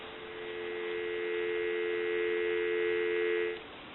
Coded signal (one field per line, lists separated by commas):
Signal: telephone call progress tone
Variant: North America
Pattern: dial tone